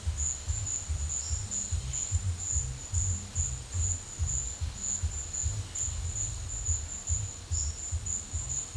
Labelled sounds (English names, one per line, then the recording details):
none
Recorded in pastures near Puerto Asís, Putumayo, Colombia, on 22 December 2024 at 11:30
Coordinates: 0.496, -76.326
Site G004